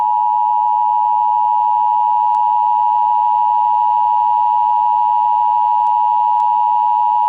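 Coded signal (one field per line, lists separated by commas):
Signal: Emergency Alert System (SAME) tones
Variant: 853 and 960 Hz attention tone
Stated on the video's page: Fictional EAS scenario with tones made using an EAS Generator program and Audacity.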